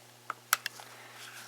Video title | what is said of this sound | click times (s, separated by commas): FNP-45 Tactical Detailed Strip | you'll hear it click in place when it loops around the spring there | 0.5 s